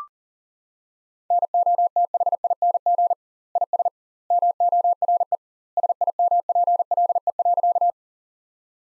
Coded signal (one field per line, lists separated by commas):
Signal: Morse code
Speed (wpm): 40 wpm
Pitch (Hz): 700 Hz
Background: none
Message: NOTHING IS MORE SIMPLE.